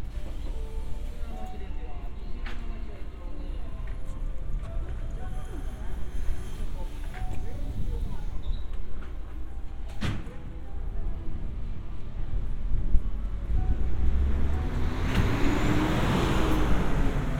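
A walk in Funabashi, Chiba, Japan: murmuring voices and low street rumble, sharp knocks near 2 and 10 seconds, then a vehicle swelling louder.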